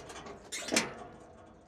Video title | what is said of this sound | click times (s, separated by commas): MacDon M205 SP Windrower - Product Overview | lock into place | 0.8 s